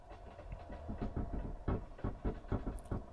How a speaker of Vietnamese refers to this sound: Gã đưa tay lên đoạn kệ cao nhất, kéo một quyển sách màu đỏ ngả ra. Những tiếng bánh răng lộc cộc vang lên ở bên trong. Cái kệ sách tự động từ từ mở ra trước ánh mắt kinh ngạc của tất cả mọi người.